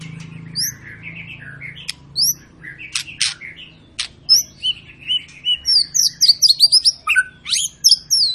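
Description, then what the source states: White-rumped shama song: scattered whistled and clicking notes, then a rapid, high, tumbling series of bright slurred phrases, a faint low hum beneath. Long, lively (gacor) lure song to make birds sing.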